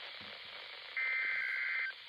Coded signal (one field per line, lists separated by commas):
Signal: Emergency Alert System (SAME) tones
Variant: header bursts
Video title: EAS Alerts from 6/22/23